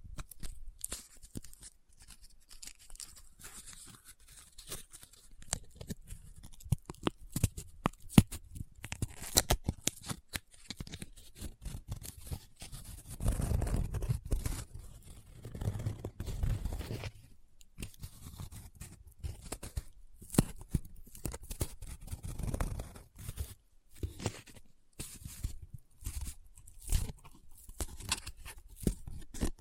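Close-up paper being handled: dense, irregular crinkles and sharp crackles come in quick bursts throughout. Around 13 to 17 seconds a heavier rubbing, scratching stretch adds low rumble, then brief pauses separate further crinkling and folding.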